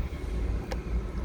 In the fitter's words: then it just snaps right in so that's the three